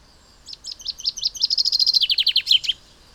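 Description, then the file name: Common chaffinch song: a bright, accelerating series of descending chips that runs into a quicker trill and ends in a short flourish, over quiet background. "Fringilla coelebs"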